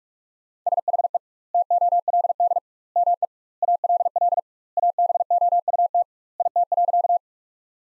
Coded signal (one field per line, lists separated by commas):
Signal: Morse code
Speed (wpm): 45 wpm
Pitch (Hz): 700 Hz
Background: none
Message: SHE TOLD ME ALL ABOUT IT.